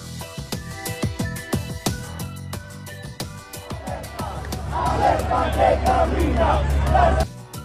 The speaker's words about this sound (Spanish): Ahí está el grito de los adeptos de Gustavo Petro que le acompañaban. Alerta que está viva la espada de Bolívar.